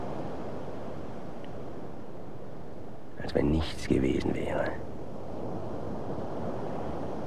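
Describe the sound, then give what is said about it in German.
Ocean waves wash ashore in a steady, continuous hiss and rush that fills the whole stretch, while a voice speaks a short, quiet phrase midway through. “Nur das verdammte Meer. Morgens, mittags und abends. Nichts als das verdammte Meer.”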